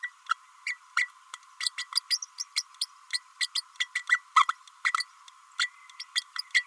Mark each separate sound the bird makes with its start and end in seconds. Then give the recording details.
0.02-0.10, 0.66-0.76, 0.96-1.08, 1.60-1.69, 1.78-1.86, 1.95-2.00, 2.10-2.18, 2.22-2.25, 2.39-2.44, 2.56-2.62, 2.81-2.85, 3.12-3.19, 3.40-3.47, 3.54-3.61, 3.95-4.03, 4.09-4.21, 4.36-4.45, 4.48-4.52, 4.84-4.92, 5.59-5.69, 5.99-6.04, 6.15-6.21, 6.38-6.41, 6.54-6.64. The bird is a female. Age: 30 days. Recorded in a nest box in Venezuela. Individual 17B32A5